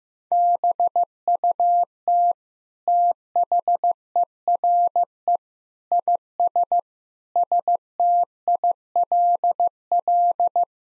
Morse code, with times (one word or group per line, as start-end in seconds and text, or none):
0.3-2.3 BUT
2.9-5.4 THERE
5.9-6.8 IS
7.4-10.6 STILL